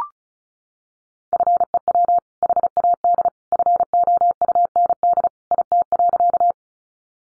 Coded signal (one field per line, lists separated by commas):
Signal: Morse code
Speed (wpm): 34 wpm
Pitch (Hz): 700 Hz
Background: none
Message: FEW HAD FOUND IT.